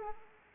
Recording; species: mosquito wingbeat signal from an infrared sensor; Anopheles arabiensis